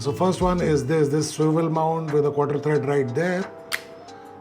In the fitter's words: so all you have to do is because it's magnetic is just locks into place right there pretty sturdy